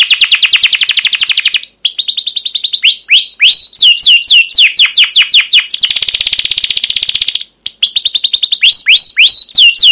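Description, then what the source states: Canary song: fast repeated chirps, slurred falling whistles, and a dense buzzy rolling trill in the middle, then more rapid chirping phrases. Long, lively canary song used as a lure recording to train and tutor young caged canaries.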